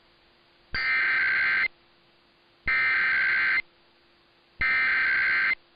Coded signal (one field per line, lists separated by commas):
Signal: Emergency Alert System (SAME) tones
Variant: header bursts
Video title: EAS- Utah Required Monthly Test (RMT) Captured on KSL-AM 1160 (6/29/23)